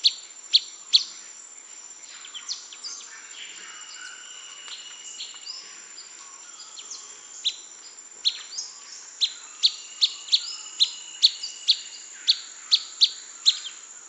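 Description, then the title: Blackish pewee calls, sharp high chips that speed into a steady series in the second half, over a busy chorus of other birds and a constant high insect drone. Subspecies canescens, assumed from the recording location. "LuckyPassaro Completos2Sama. Blackish Pewee (Contopus nigrescens canescens (ssp assumed from location))"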